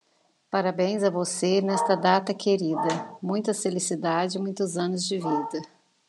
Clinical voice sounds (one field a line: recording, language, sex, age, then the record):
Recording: short text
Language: Brazilian Portuguese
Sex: female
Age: 50 to 59 years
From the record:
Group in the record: control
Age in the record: 51 years